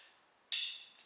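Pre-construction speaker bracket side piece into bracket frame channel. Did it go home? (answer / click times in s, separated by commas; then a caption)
yes / 0.5 s. The second side piece of a Focal 1000 IW6 in-wall speaker pre-construction bracket is lined up L-to-L and slid down into the bracket frame channel. After near silence, a sharp, bright click sounds at 0.5 s, followed by a fading high-pitched ring. The piece clicks and seats in place.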